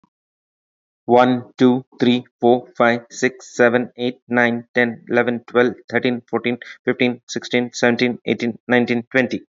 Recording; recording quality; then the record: counting at a fast pace; excellent, no background noise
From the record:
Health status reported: exposed to COVID-19, no respiratory illness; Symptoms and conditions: muscle pain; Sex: male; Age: 40 years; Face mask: not worn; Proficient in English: yes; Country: India